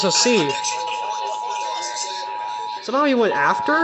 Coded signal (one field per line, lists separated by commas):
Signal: Emergency Alert System (SAME) tones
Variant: 853 and 960 Hz attention tone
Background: speech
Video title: 2023 Carolina Tornado Drills 'n... stuff | EAS #123-125 (EAS Tests from 3/1-8/2023)